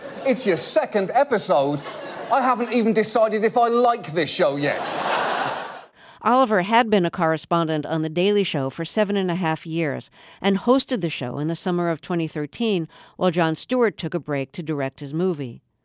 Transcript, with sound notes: It's your second episode. I haven't even decided if I like this show yet.
(LAUGHTER)
Oliver had been a correspondent on "The Daily Show" for seven and a half years and hosted the show in the summer of 2013 while Jon Stewart took a break to direct his movie.